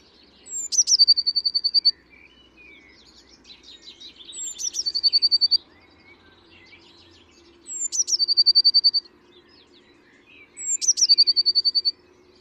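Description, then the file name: Eurasian blue tit song repeated four times, each a sharp high introductory note and a quick trill, with softer notes between phrases and a low background hum. "Cyanistes caeruleus"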